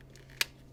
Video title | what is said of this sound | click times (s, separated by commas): How to use a Mamiya 7ii -- How to | till we hear a click now we could go ahead and open the the basically that shutter dark slide | 0.4 s